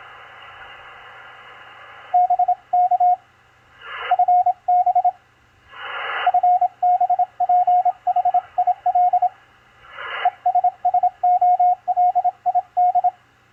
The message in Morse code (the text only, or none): BK FB FB PHIL ES SOLID